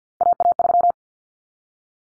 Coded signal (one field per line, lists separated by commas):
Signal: Morse code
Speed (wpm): 50 wpm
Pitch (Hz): 700 Hz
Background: none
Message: AA3